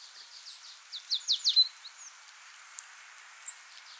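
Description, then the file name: Marsh tit calls, a quick run of high sharp notes around one and a half seconds, then a few isolated faint chips against quiet background. "Poecile palustris"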